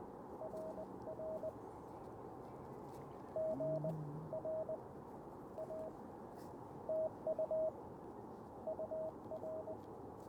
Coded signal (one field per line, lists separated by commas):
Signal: Morse code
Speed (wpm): 20 wpm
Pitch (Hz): 630 Hz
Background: radio noise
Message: RR GR A TU UR